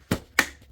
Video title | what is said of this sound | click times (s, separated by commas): Tineco Aspirateur Balai sans Fil Floor: mode d’emploi | Voilà. Et on entend bien le clic qui fait quand ça s'enclenche. | 0.4 s